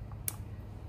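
A plastic locking safety clip on the harness connector of a SPEC D tail light for a 2006–2008 Dodge Ram 1500/2500/3500 pickup is pushed down, giving a faint tick at 0.1 s and then a single sharp, bright snap at 0.3 s over a steady low hum. The safety clip is seated.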